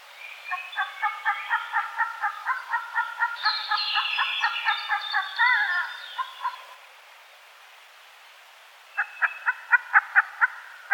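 Black grouse lek display: rhythmic bubbling pulses repeated rapidly, a hissing burst midway, then a pause and a renewed run of pulses.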